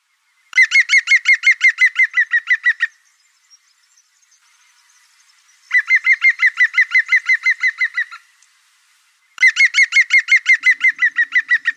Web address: Oiseaux Pic Vert